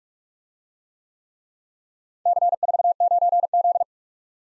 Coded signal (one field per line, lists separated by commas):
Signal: Morse code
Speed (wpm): 51 wpm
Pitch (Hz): 700 Hz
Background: none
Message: C49Z